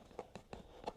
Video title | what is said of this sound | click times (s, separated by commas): Costco Omni Breeze Tower Fan Remote Control and WIFI Review and Sound Test | make sure there you go so you can hear that snap right | 0.9 s